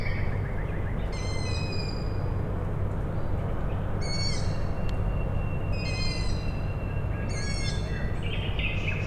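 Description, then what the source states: Owl chicks give several squeaky calls above a continuous deep mechanical hum. Owl chicks calling at night, Tuesday 21 May 2019, Michałkowice Plac Sportowy, Siemianowice Śląskie, Poland; industrial plant in background; recorded with Zoom H5 and Audio-Technica BP4025.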